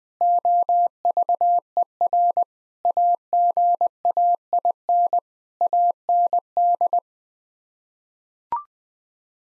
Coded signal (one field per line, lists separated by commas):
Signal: Morse code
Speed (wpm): 21 wpm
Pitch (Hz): 700 Hz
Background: none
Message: OVER AGAIN AND